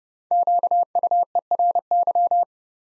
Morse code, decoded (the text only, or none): QUERY